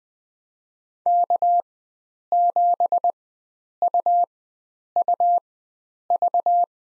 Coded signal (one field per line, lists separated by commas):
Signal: Morse code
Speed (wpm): 20 wpm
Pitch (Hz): 700 Hz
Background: none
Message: K7UUV